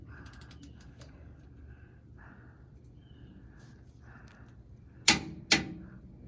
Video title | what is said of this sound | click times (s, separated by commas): The key to a good burnout | But nah, as soon as you hear that click, you're good. | 5.1 s